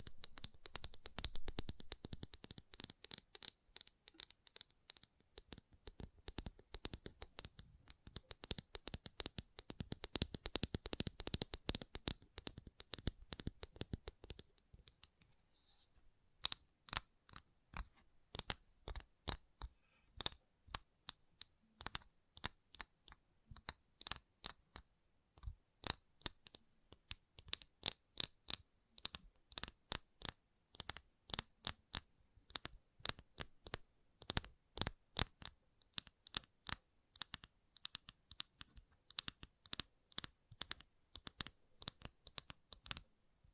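Gentle tapping, fast and dense for the first fifteen seconds, then sparser, crisp separate taps in uneven bursts with short pauses between.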